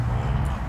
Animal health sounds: contact call of a hoofed animal; cattle; low-frequency (closed-mouth) or high-frequency (open-mouth) call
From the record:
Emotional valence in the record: negative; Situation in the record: full separation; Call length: 0.69 s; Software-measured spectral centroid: 1690 Hz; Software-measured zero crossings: 760 a second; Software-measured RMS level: -24 dBFS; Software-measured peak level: -14 dBFS

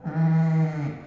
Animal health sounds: contact call of a hoofed animal; sheep; low-frequency (closed-mouth) or high-frequency (open-mouth) call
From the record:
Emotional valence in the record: positive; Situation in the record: reunion with pen mate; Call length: 1.08 s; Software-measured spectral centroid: 1160 Hz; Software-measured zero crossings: 580 a second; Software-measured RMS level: -23 dBFS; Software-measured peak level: -14 dBFS

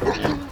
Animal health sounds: contact call of a hoofed animal; wild boar; grunt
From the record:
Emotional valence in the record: negative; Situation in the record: naturally occurring agonistic interactions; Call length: 0.52 s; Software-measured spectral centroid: 2040 Hz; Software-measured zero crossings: 1790 a second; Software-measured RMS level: -23 dBFS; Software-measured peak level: -10 dBFS

